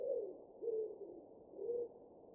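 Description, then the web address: Wood pigeon giving three low, muffled coos, each about a quarter second long, against a quiet background. "cianscape. Deverinetal"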